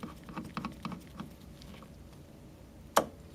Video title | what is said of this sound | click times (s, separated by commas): Organic Chemistry Lab Experiment: HOW TO USE HPLC TO DETERMINE YIELD OF A GREEN CHEMISTRY REACTION | hear that click | 3.0 s